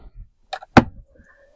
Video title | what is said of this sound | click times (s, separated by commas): TESLA MODEL Y "Built in Refrigerator" FROM: TLYARD | You'll hear that click. | 0.5 s, 0.8 s